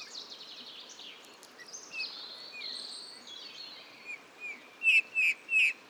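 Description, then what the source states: Eurasian bullfinch singing a soft, low-volume creaky warble of gliding whistles, ending with three loud, sharp notes in quick succession. Male in breeding plumage perched on a budding blackthorn at La Sarcena, Drôme, France, 15 March 2020; a few calls then a soft, barely audible babbling song; recorded with Nagra Seven and Telinga Pro7 parabola.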